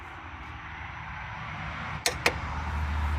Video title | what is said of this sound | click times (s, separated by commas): Ford Focus VIBRATION ISSUED FIXED !! Finally !!! | hear that click? That tells you that it's torqued. | 2.1 s, 2.3 s